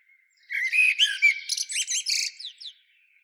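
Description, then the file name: Common blackbird: one busy two-second run of mixed scratchy and twittering notes over a steady thin tone. "Turdus merula"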